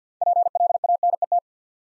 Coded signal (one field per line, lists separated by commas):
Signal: Morse code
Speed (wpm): 47 wpm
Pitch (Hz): 700 Hz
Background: none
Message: PLANET